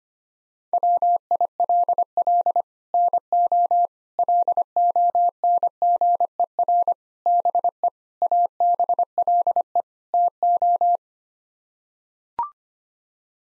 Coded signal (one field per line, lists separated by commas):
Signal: Morse code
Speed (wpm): 25 wpm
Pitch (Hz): 700 Hz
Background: none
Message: WILL NO LONGER BE ABLE TO